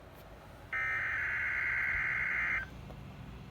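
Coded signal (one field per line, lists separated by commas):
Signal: Emergency Alert System (SAME) tones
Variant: header bursts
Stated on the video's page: Severe thunderstorm watch alert on NOAA Weather Radio.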